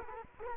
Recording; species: mosquito wingbeat signal from an infrared sensor; Culex quinquefasciatus